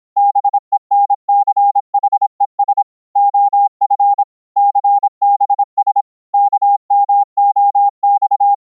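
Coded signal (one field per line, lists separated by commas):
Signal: Morse code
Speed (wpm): 26 wpm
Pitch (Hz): 810 Hz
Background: none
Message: BENCHES OF CBS KMOX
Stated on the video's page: CW sent over IP on Mumble (Opus codec) as Gaussian noise notes instead of sine wave, from a MIDI CW keyer and regenerated on receive.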